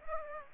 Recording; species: mosquito wingbeat signal from an infrared sensor; Aedes aegypti